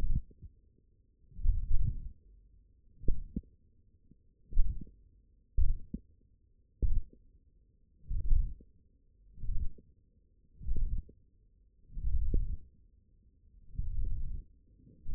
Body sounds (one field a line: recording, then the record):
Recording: forearm muscle sounds (acoustic myography)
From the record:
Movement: hand closing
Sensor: system 1, eight BSWA MPA416 microphones around the upper forearm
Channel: 1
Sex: male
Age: 20 years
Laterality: left